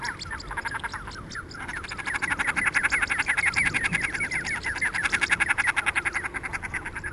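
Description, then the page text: Common shelduck giving rapid pulsed cackling calls in long trains, louder after two seconds and continuing steadily. "Marco Dragonetti - Пеганка (Tadorna tadorna)"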